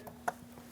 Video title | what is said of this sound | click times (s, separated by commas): How to Replace Accessory Drive Belt Tensioner 2003-2025 Chevrolet Express 2500 4.8L | Push until you hear a click. | 0.3 s